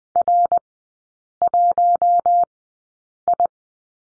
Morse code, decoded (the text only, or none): R1I